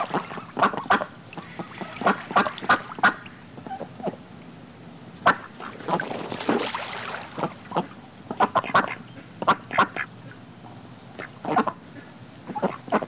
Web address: ducks in water splashing animal bird x flock splashing in water animal bird quacking